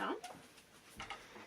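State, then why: Seated. A fold-down table in a tiny house is brought down and locks into place, held by a small hole so it can't be kicked out. Someone talks at the start, then two quick knocks are heard at 1.0 and 1.1 seconds as the table seats.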